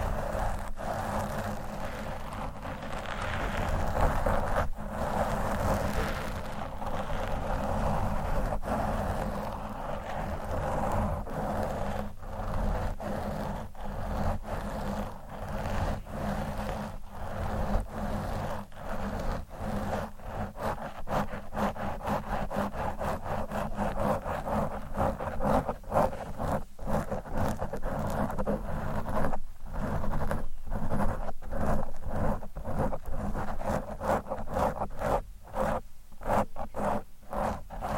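Mic scratching runs through the whole recording as a dense, rough rustle with a low steady rumble underneath. Sharp dropouts and clicks cut in repeatedly, growing more frequent after about twenty seconds, while the upper hiss thins out toward the end.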